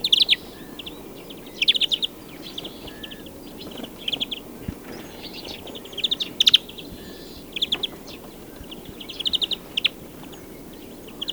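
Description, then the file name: European greenfinch giving repeated short twittering bursts of several notes at irregular intervals, with a soft constant background hiss. "Chloris chloris"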